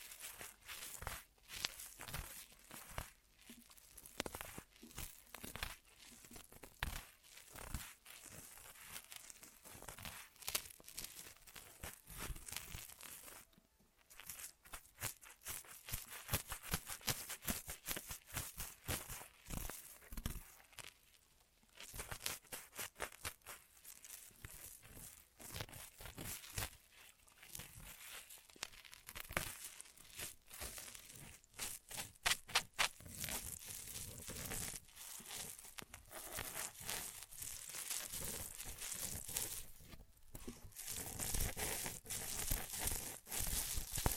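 Ear massage triggers of dense crinkling and rustling strokes, rapid and irregular, with brief pauses near 14, 21 and 40 seconds, growing brighter toward the end.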